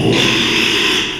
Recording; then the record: squeal of a Yucatan mini pig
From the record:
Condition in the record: after surgery on the right vocal fold (resection and tissue-engineered implant); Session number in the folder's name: 1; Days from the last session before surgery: 6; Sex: male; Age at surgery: 12 weeks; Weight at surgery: 13 kg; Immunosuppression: cyclosporine, prednisolone